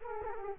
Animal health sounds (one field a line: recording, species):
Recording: mosquito wingbeat signal from an infrared sensor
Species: Aedes aegypti